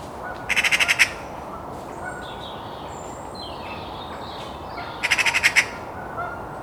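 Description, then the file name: Eurasian magpie chattering twice, each a dry rapid rattle of harsh notes, with faint thin calls of other birds between. "Pica pica"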